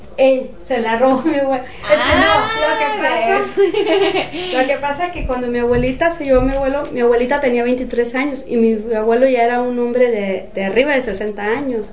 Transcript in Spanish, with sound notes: Él se la robó, mi abuelo.
¡Ah!
Es que no, lo que pasa, (risas) lo que pasa que cuando mi abuelita se la llevó mi abuelo, mi abuelita tenía veintitrés años y mi abuelo ya era un hombre de arriba de sesenta años.